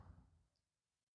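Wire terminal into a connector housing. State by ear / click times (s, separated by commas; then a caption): not seated / none. A crimped terminal on the yellow/purple wire is handled at the plastic connector housing of the tailgate lock harness during a Ford Maverick XL OEM power tailgate lock install. A low, muffled rustle fades into near silence, and no voice is heard. Nothing has seated or clicked into the housing yet.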